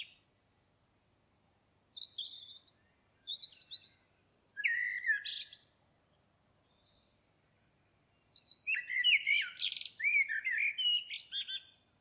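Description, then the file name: Common blackbird song in broken phrases: short high squeaks, then a loud warbled burst and a longer mellow phrase ending in thin twitters. "Turdus merula"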